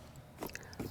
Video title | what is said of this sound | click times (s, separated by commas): Peg Perego Primo Viaggio 4-35 Nido Installation Using Latch System | and you should hear a click. | 0.6 s